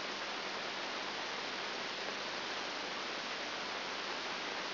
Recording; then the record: brain microelectrode recording played as sound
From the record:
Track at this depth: inside the subthalamic nucleus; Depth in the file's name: 1.105 mm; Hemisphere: left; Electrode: 2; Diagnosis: Parkinson's disease